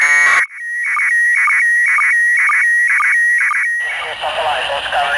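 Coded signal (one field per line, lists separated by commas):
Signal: SSTV (slow-scan television)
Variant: PD 120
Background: speech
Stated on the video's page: ISS amateur radio school contact received on 145.800 MHz FM over Europe.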